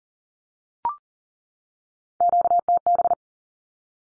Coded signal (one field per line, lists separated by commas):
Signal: Morse code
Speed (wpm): 40 wpm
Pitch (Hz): 700 Hz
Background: none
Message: QTB